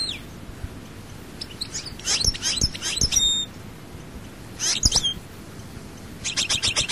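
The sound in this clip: European goldfinch giving brief twittering phrases and sharp high chips in scattered bursts, with occasional clicks.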